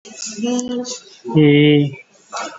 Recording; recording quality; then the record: sustained vowel as in beet; excellent, no background noise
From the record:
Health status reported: COVID-19 positive, mild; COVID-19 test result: positive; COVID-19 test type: RT-PCR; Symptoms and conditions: cough, fatigue, diarrhoea, hypertension, diabetes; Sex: male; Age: 66 years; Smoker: no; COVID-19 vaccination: both doses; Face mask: not worn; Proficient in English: yes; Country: India